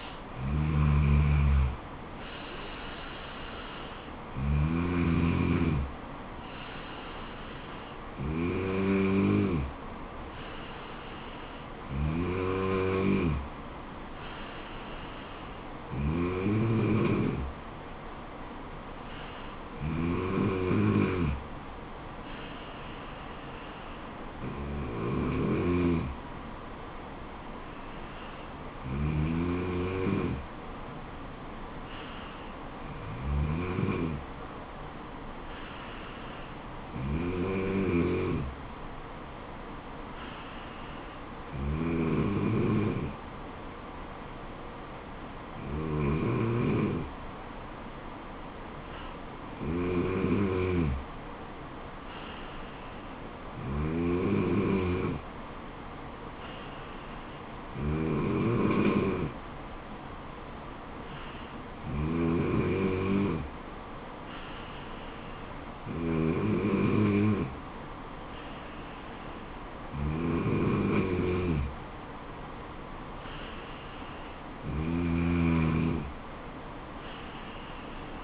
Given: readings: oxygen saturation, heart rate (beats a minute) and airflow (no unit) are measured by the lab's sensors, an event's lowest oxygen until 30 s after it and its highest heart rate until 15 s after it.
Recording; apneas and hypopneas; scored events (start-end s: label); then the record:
breathing in sleep by a voice recorder at the bedside; none
12.00-42.00 s: new sleep stage, N3 (deep sleep)
42.00-78.24 s: new sleep stage, N2 (light sleep)
From the record:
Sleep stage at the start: N2 (light sleep); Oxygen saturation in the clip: 92 to 95%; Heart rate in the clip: 69 to 76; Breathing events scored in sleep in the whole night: 426 in 7.4 hours asleep